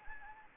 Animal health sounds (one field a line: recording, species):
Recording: mosquito wingbeat signal from an infrared sensor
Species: Anopheles gambiae